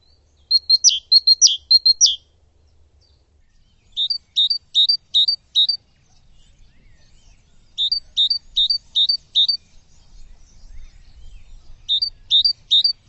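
Bird song: high, bright phrases of four to six quick chirping notes, repeated every few seconds with pauses between, over faint low background rumble.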